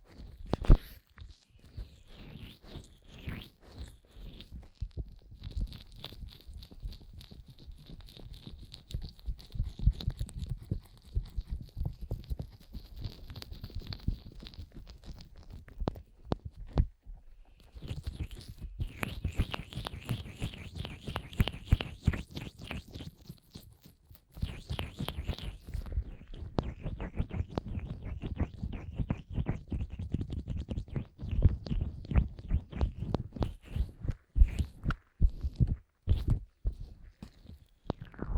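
An ear massage with cream, heard as fast, dense rubbing and squelching that runs almost without pause. Bursts of quick scratchy friction alternate with short quieter gaps near 17 and 24 seconds, and a bright hiss rides over the deeper wet thumps.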